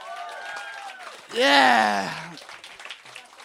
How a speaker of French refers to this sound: Faites un putain de tonnerre d'applaudissements